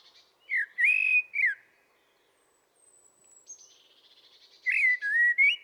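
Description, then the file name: Common blackbird: a short mellow fluted phrase, a thin high whistle and soft twitter, then another low warbled phrase. "Turdus merula"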